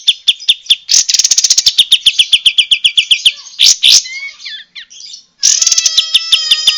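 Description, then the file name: Bulbul song, rapid repeated ticking trill with bright chatter, a harsh burst, a short whistled note, brief quiet, then renewed fast ticking. Lure recording used to attract birds. "suara pancingan kapas tembak"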